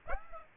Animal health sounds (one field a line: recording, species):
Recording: mosquito wingbeat signal from an infrared sensor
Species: Aedes aegypti